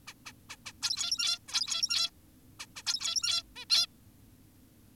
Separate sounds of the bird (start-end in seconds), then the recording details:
0.08-0.14, 0.26-0.32, 0.50-0.57, 0.66-0.73, 0.82-1.39, 1.48-2.10, 2.60-2.66, 2.76-2.83, 2.86-3.43, 3.56-3.65, 3.70-3.87. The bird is an adult. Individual g17y2U